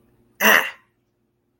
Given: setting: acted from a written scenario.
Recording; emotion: vocal sound without words; pain